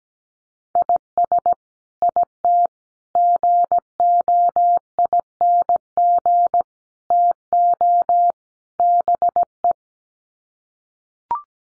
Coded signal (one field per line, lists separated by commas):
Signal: Morse code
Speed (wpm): 17 wpm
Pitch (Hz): 700 Hz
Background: none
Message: IS IT GOING TO BE